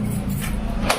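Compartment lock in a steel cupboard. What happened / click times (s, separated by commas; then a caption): The cupboard compartment lock clicks open / 0.9 s. A compartment lock on an inner compartment of a steel cupboard (almirah) is opened, with a short click at 0.9 s as it releases. Low, steady background hum runs underneath throughout.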